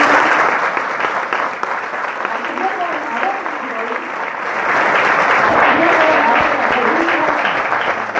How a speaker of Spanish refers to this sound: Así que realmente un aplauso a la señora.